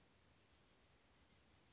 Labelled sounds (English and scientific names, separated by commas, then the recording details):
Chestnut-backed Chickadee (Poecile rufescens)
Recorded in Sonoma County, California